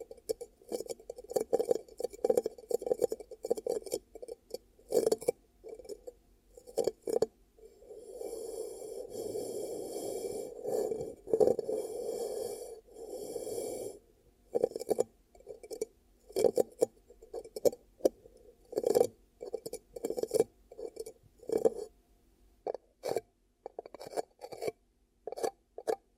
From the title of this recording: Ear Cupping Triggers